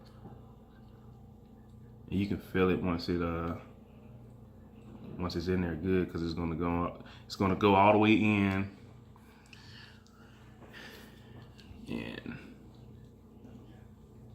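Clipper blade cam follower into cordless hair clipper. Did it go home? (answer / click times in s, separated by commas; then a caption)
no / none. A Wahl T-Wide replacement blade with its cam follower is handled and pushed up toward its slot on a CHJ PRO cordless hair clipper, while someone talks. Faint, brief handling taps are heard around 9.5 s and 12.2 s, but the blade has not yet gone all the way in, and nothing has seated or clicked into place before the screws go in.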